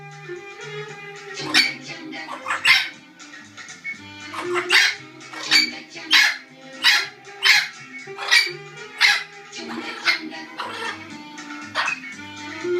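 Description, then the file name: Orange-winged amazon giving loud, harsh squawks at uneven intervals. "venesuelskii amazon poyot"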